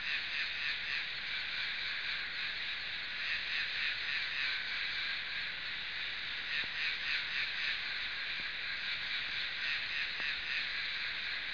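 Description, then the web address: Insects keep up a continuous high buzz that throbs rapidly and evenly, with a few faint clicks in the second half. "昆虫声音素材"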